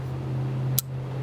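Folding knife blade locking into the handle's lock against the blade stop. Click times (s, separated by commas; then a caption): 0.8 s. A Zero Tolerance 0450 folding knife with G10 scales is flipped up close, and its blade snaps against the blade stop with one sharp, bright click at 0.8 s over a steady low hum. The click may be the opening lock or the closing detent. The blade seats firmly, and the crisp sound is credited to the G10 handle resonating as the blade locks into place.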